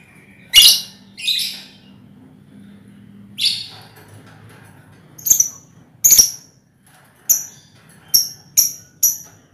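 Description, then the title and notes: Lovebird calls: scattered harsh, high chirps, then quicker, thinner squeaky notes in a loose series, over a faint low hum. Lovebird ngekek song, described as the longest, used as a lure song (kicau pancingan). "Master Kicau Lovebird ngekek, kicau pancingan"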